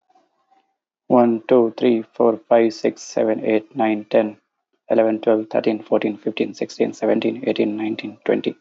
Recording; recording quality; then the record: counting at a fast pace; excellent, no background noise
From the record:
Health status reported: healthy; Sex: male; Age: 28 years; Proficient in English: yes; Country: India